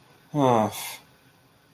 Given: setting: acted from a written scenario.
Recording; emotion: vocal sound without words; guilt